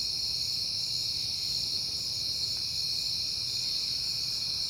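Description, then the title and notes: Steady cricket chirping forms a sharp, high shimmering wall of sound, unchanging through the whole stretch, with a soft low hum beneath. Recorded at night in September on a peaceful night; crickets heard often lately. "Night Time: Crickets and Passing Cars. It is September and I have been hearing the crickets a lot, but finally had a peaceful night to make the recording"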